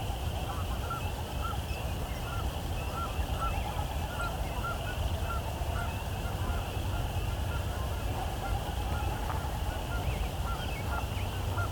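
An evening chorus at sunset, with short honking calls, like geese or other waterfowl, repeating steadily across all twelve seconds. A constant low rumble sits underneath, and faint higher chirps come and go above it.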